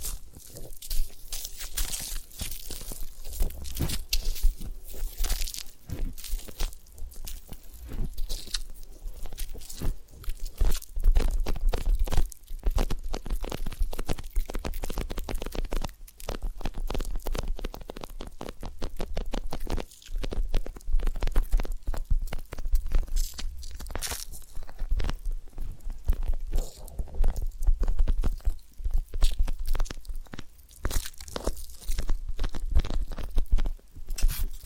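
Ear cleaning and massage sounds made of dense, crackly scratching and rubbing that runs through the whole clip. Quick sharp crunches and clicks come in rapid bursts, with brief pauses near 16 and 20 seconds. A low rumble sits underneath.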